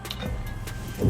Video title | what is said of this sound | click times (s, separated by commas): DUSTY Cyclist Can't Roll w/ MAJOR TAYLOR CHICAGO to MACC One Love '23 - Waterless Clean a Dusty Bike | and GoPro kind of snaps into place you just press it pretty firmly and there's | 0.1 s